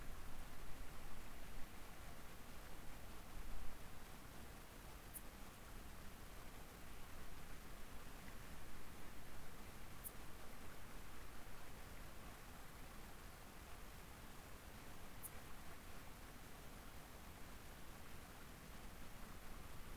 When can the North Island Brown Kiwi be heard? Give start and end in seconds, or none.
none